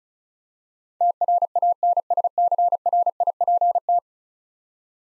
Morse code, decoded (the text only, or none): TRANSCRIPT